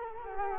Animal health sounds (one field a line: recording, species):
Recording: mosquito wingbeat signal from an infrared sensor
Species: Culex quinquefasciatus